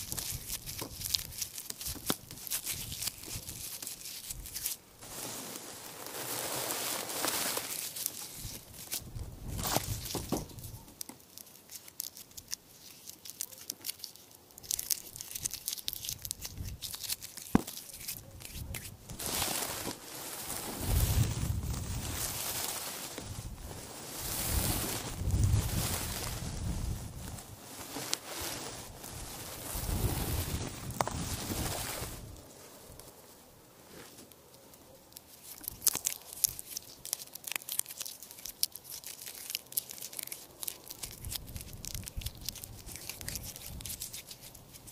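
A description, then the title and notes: Hay and straw crunch and rustle in irregular bursts throughout, some sharp, others softer. Denser, louder handling comes around 20 to 32 seconds, with brief quieter gaps between. Faint background sits underneath, possibly an animal. ASMR Crunch sounds of hay and straw.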